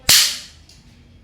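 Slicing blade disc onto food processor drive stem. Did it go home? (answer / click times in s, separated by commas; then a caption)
yes / 0.1 s. A slicing/shredding blade disc for an Inalsa Inox 1000 Pro food processor is centred by its holed hub on the drive stem and pressed lightly until it locks. A sharp, bright snap at 0.1 s marks the disc seating, followed by a fainter tick near 0.7 s. The blade disc is locked in place.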